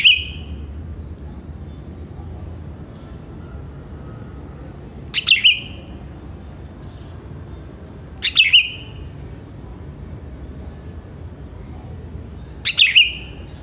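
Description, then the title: Sooty-headed bulbul song: brief bright chirpy phrases, each under a second, repeated at irregular gaps of about three to five seconds against a quiet, steady background. "Kutilang"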